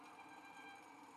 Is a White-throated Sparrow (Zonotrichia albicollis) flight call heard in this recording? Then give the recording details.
no. No flight call is heard. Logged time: 03:48 on 5 December 2014